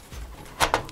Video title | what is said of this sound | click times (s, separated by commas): СБОРКА ПК ОТ ПЕРВОГО ЛИЦА - КАК СОБРАТЬ КОМПЬЮТЕР? (Подробный ГАЙД) | услышали щелчок и теперь можно опять же брать отвертку и | 0.7 s